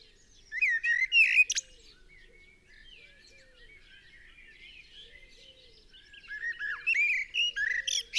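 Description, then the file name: Common blackbird song: a short fluted phrase, a stretch of only faint notes, then a longer mellow warble that ends in high notes. "Turdus merula"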